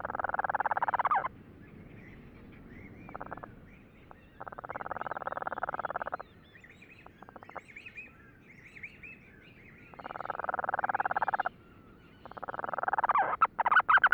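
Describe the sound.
Cape Verde storm petrel uttering repeated rough, pulsed churring bursts of varying length, separated by pauses with faint brief notes.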